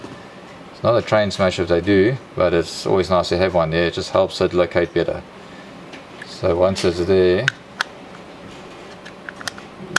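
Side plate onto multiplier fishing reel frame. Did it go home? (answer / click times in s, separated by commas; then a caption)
yes / 10.0 s. The metal left side plate of a Daiwa BG40H multiplier fishing reel being reassembled is pressed onto the frame over its small locating pin, which helps it locate better, while someone talks. A few light ticks come at about 7.8 s and 9.3–9.6 s, then a sharp click at 10.0 s as the side plate seats in place and is located.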